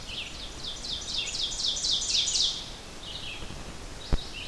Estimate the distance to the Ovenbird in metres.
about 25 m